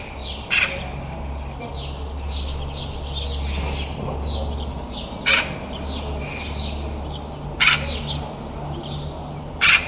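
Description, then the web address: Bird calling with four harsh, raspy notes spread several seconds apart, with faint high chirps between them and a constant low hum throughout. "birddata Deverinetal 2025"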